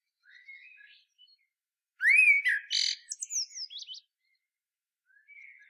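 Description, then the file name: Common blackbird song phrase with a soft warbled start, a clear rising whistle, then a burst of high, squeaky, tumbling twitters, and a faint note after. "Turdus merula"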